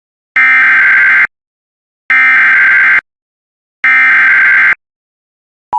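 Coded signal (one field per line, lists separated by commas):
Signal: Emergency Alert System (SAME) tones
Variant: header bursts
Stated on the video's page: Multiple alert headers received on WJON/IP Weatherscan feed, including several failed EAS transmissions.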